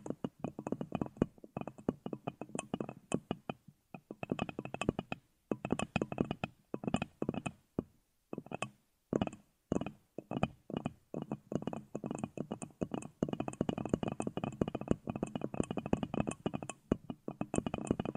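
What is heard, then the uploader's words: Fingernails tap on a headphone in quick, uneven runs of clicks throughout. The taps come densely for stretches, then thin into separate ticks with short silent gaps around five and eight seconds, each click sharp with a dull knocking body. Headphone Nail tapping.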